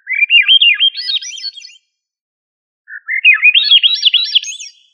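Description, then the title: Thrush singing two quick, melodious phrases of bouncing, slurred whistles that climb higher through each phrase, split by about a second of silence; nothing else audible. Family Turdidae; local name sabiá. "Familia Turdidae - Sabia"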